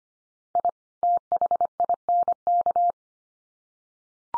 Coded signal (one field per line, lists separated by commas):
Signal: Morse code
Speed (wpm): 25 wpm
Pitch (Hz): 700 Hz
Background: none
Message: I THINK